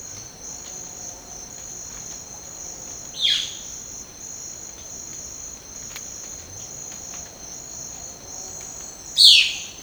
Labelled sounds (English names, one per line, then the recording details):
Violaceous Jay
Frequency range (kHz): Violaceous Jay 1.1-5.1 kHz
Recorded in dense forest near Puerto Asís, Putumayo, Colombia, on 19 March 2025 at 07:30
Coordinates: 0.500, -76.322
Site GP06